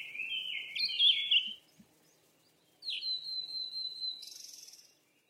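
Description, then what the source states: Bird calls: bright warbled whistles for about a second and a half, a pause, then a note running into a long steady high whistle that ends in a short buzzy burst. Birds playing.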